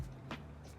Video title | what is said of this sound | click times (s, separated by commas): Save $1,000 and replace that Stator and Rectifier Yourself - DIY | Hear that snap. | 0.3 s